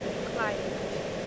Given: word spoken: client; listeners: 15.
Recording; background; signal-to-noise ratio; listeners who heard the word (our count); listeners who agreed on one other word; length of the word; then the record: one English word in noise, from a listening test; speech-shaped noise; -4.0 dB; 1 of 15; 6 of 15; 0.87 s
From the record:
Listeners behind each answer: 6, 5, 1, 1, 1, 1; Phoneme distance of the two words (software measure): 17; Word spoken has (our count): 2 syllables, 6 phonemes, stress on syllable 1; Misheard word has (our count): 2 syllables, 5 phonemes, stress on syllable 1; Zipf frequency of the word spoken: 4.03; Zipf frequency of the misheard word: 4.86